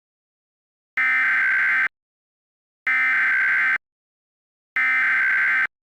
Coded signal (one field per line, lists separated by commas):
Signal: Emergency Alert System (SAME) tones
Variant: header bursts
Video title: EAS Mock 5: Kal gets sad